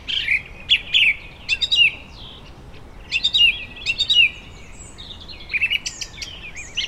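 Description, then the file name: Bird song in short bursts of high chirpy, whistled phrases, separated by brief pauses. Birds in a vineyard, Germany, summer evening. "tom chapman nature vineyard ambience summer evening birds occassional voice distant traffic germany"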